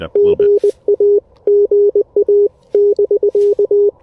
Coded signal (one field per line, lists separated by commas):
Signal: Morse code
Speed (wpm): 20 wpm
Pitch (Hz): 410 Hz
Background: radio noise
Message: GA GA <BK>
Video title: Exploring the Mountains-to-Sea Trail: POTA Activation feat. Hazel and the Elecraft KX1!